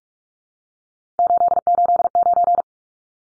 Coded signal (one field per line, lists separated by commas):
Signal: Morse code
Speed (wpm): 44 wpm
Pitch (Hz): 700 Hz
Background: none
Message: 889